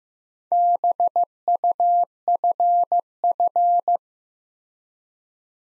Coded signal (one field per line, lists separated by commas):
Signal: Morse code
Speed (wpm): 15 wpm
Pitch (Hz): 700 Hz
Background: none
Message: BUFF